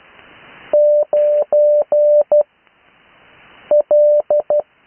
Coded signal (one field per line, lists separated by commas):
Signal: Morse code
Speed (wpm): 12 wpm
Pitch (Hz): 590 Hz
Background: none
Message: 9 L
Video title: Morse code practice recorded live on 80m 12-08-2026